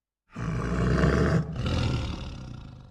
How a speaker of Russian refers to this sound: Она издала низкое предупреждающее рычание.